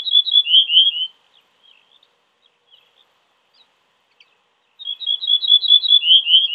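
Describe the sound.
Ortolan bunting song: a quick phrase of high notes ending in lower slurred tones, then a pause of several seconds before another phrase begins.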